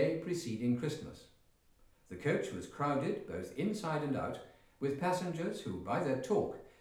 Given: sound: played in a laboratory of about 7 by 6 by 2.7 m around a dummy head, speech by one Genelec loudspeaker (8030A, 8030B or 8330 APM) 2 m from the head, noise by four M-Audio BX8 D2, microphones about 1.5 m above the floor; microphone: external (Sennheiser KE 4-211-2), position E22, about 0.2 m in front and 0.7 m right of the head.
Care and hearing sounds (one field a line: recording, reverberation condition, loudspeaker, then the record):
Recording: male speech in English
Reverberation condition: medium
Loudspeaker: 30 degrees to the left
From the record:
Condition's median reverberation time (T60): about 510 ms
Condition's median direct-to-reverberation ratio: about -0.5 dB